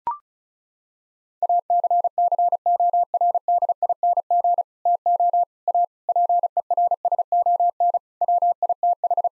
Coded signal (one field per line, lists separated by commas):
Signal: Morse code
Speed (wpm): 36 wpm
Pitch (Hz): 700 Hz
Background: none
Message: ACCORDING TO A PERSON WITH